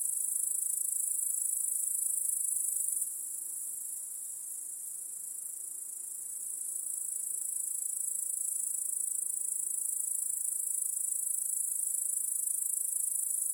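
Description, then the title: Cricket chorus, an unbroken high shrill trill from many insects, softening for a few seconds then swelling back. Chorus of crickets in a backyard in the evening, as day turns to night. "Crickets in Your Backyard 🏡. Discovering the Sounds of Home"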